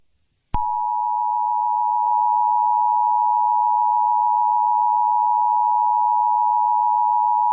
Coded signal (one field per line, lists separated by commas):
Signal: Emergency Alert System (SAME) tones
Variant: 853 and 960 Hz attention tone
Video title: EAS scenario 2133 Atlantic Hurricane Season Episode 2 Bob